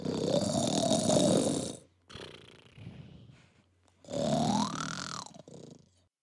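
Two loud, drawn-out snores, each a broad rasping inhale with a rising nasal whine, separated by a quieter, rumbling breath in between.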